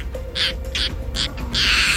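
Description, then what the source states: European roller giving harsh, rasping croaks: four grating bursts in about two seconds, the last one longest, over a steady low rumble. Characteristic croaking call; migratory bird once common in Poland, now nearly gone there with only 5 breeding pairs left; tied to farmland where cattle, horses or sheep graze.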